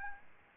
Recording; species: mosquito wingbeat signal from an infrared sensor; Aedes albopictus